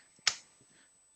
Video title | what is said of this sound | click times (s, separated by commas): Treat IR Live - July 11th @9:00AM | You hear the click. It's detached. | 0.3 s